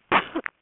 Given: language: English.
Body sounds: throat vibration sensor signal played as sound; cough

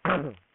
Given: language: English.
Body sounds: throat vibration sensor signal played as sound; throat clearing

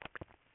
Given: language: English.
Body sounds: throat vibration sensor signal played as sound; swallow

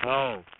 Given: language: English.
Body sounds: throat vibration sensor signal played as sound; speech

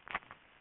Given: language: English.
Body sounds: throat vibration sensor signal played as sound; swallow

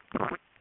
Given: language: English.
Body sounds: throat vibration sensor signal played as sound; swallow

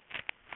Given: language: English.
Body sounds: throat vibration sensor signal played as sound; swallow

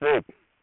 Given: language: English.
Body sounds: throat vibration sensor signal played as sound; speech

